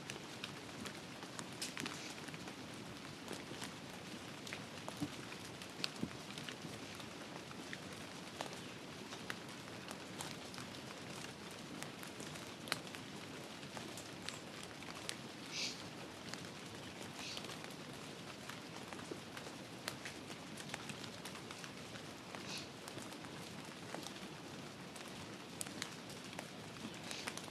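Steady rain falls on a forest, a dense, even hiss that fills the whole range from low to bright. Sharp drip and splash ticks scatter throughout, with a soft low rumble underneath. Nothing changes across the half minute.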